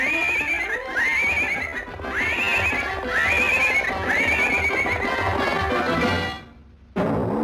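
A horse whinnies in a run of about five high, quavering calls at a steady pace over a dense, rumbling background, which fades briefly near the end before cutting back in.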